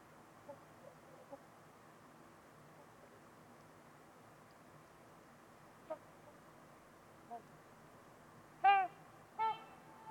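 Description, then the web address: Trumpeter swan calls: faint soft notes early on, then two loud, resonant honks close together near the end in an otherwise quiet setting. Several trumpeter swans at Winters Lake in a deep valley on a winter evening amid deep silence with distant white noise. "Trumpeter Swans on a Winter's Eve. Winters-Lake-with-Swan. Wind Is the Original Radio"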